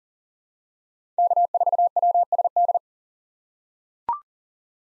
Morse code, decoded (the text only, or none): K4WSD